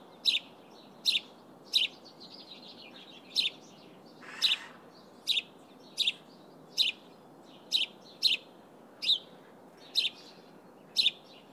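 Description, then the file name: House sparrow calls: a long string of crisp chirps, one brief harsher rasping note near the middle, low steady noise behind. "Passer domesticus"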